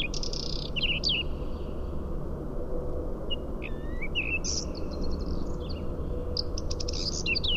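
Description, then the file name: Whinchat song of quick, varied phrases mixing chattering notes and clear short whistles, delivered in several bursts against a low rumbling background. "Stiaccino"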